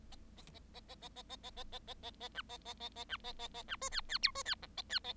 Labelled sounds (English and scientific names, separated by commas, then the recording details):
Bengalese Finch (Lonchura striata domestica) song
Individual Bird7